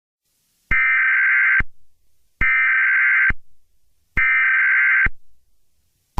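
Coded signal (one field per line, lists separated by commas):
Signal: Emergency Alert System (SAME) tones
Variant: header bursts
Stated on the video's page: Fictional EAS scenario about an amethyst-like tornado.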